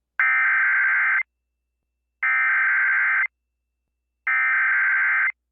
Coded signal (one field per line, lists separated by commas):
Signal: Emergency Alert System (SAME) tones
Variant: header bursts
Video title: SIOUXLAND DERECHO | EAS Alerts from 7/5/2022 (EAS #1250-1281)